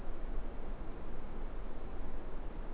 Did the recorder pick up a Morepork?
no